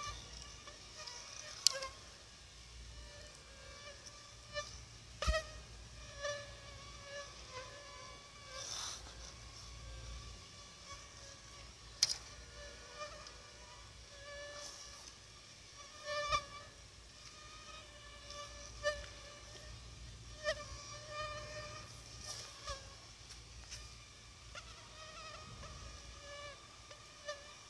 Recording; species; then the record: mosquito flight sound by mobile phone; Aedes aegypti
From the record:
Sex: female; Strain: 10130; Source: CDC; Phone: Sony Xperia